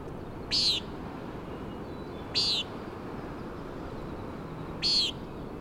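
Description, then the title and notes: Common nighthawk calling three loud, harsh, nasal peents spaced about two seconds apart, with a low background hiss of wind and sea. "Common Nighthawk "peenting" and "wing booms" 3:58am on top of Schoodic Head (Schoodic Div., Acadia National Park)"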